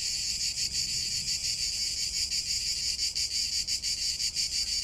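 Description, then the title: Cicadas droning loudly, a bright rasping hum that swells and dips in quick pulses. Cicadas in Provence, heard as a backdrop to a guided siesta meditation. "Méditer en Provence avec le Chant des cigales"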